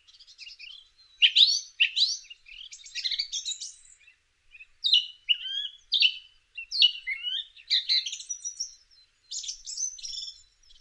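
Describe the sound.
Song thrush song: a string of varied phrases separated by short pauses, mixing bright whistles with high, scratchy notes; nothing else audible.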